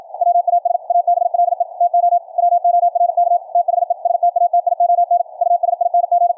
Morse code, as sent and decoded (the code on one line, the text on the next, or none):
.-- .- ... / .- -... .-.. . / - --- / .-- --- .-. -.- / - .... . / ... - .- - .. --- -. / ..- ... .. -. --.
WAS ABLE TO WORK THE STATION USING